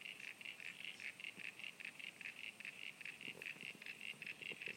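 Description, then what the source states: Frogs calling, a brisk steady series of short pulsed notes repeated throughout. Frogs at Sunny Corner.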